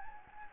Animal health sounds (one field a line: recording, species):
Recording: mosquito wingbeat signal from an infrared sensor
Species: Anopheles gambiae